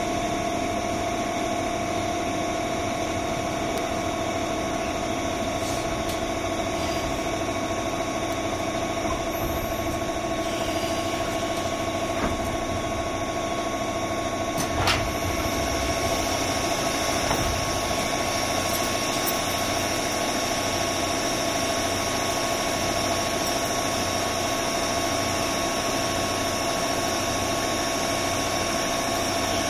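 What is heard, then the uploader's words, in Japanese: A JR 201 series train hums steadily, a constant low drone with a faint whine, broken by a brief sharp click around fifteen seconds. JR201系 桃谷〜桃谷。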